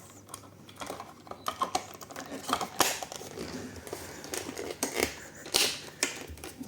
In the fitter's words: Hear it all click into place.